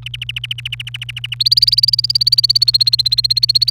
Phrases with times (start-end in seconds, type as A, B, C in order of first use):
0.06-1.35 A, 1.40-3.71 B